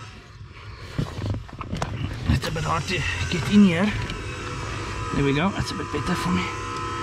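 A throttle controller harness plug is being handled and pushed down toward the accelerator pedal position sensor socket in a tight space, with short knocks and rustles of handling while someone talks. Nothing has seated or clicked yet.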